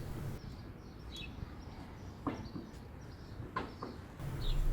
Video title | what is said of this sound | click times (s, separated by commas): How to Install Car Windscreen Wiper Blade - Windshield Wipers Hook Type - Easy Steps | to the right until you may hear a few clicks to lock it and you're done | 2.3 s, 3.6 s, 3.8 s